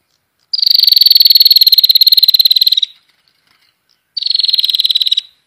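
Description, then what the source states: Prinia giving a long, fast, buzzy pulsed trill lasting over two seconds, then a shorter similar trill after a brief pause. Prinia call used to lure birds.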